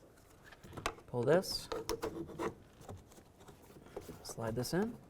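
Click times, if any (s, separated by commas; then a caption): none. A plastic bezel trim piece is handled and slid toward its clips in the door panel of a 2000–2005 Buick LeSabre during a front window regulator replacement, while someone talks. Light plastic taps and rubbing are heard, with the sharpest tap near 0.9 s. Nothing has seated or clicked yet.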